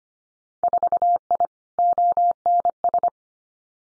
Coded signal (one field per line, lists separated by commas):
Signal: Morse code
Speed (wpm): 25 wpm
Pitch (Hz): 700 Hz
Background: none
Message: 4I ONS